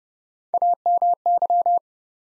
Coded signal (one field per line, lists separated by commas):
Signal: Morse code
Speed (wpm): 30 wpm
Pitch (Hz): 700 Hz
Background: none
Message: AMY